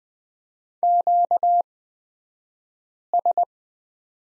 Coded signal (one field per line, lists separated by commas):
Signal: Morse code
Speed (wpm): 20 wpm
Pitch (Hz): 700 Hz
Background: none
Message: QS